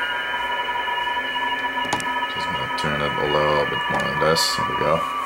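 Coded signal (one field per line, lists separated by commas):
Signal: PSK31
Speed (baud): 31.25 baud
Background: speech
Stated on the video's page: Ham BPSK31 signals.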